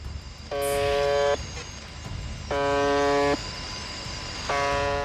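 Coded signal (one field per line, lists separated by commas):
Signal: channel marker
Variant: UVB-76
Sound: harsh, low, droning buzz lasting under a second, repeated three times about two seconds apart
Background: radio static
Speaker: 라디오에서 끊임없이 들려오는 의문의 벗어 음이 소리는 1분에 약 20 5번씩 24 10 년의 송출 됩니다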